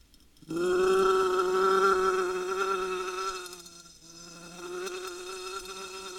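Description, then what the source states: Wasp buzzing, a loud continuous drone starting abruptly after half a second, wavering slightly in pitch and loudness throughout. Wasp recorded under glass.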